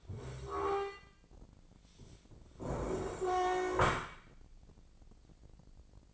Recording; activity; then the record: daily activity, microphone in the room; stand up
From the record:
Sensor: 5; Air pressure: 1012.4 hPa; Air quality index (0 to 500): 158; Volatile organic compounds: 2 ppm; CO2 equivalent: 1081 ppm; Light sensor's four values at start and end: 268/639/274/305 and 270/642/276/307